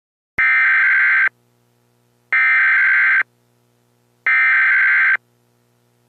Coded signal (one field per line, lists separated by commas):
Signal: Emergency Alert System (SAME) tones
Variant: header bursts